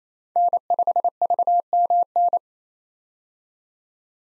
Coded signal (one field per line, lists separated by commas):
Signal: Morse code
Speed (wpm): 28 wpm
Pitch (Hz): 700 Hz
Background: none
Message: N5VMN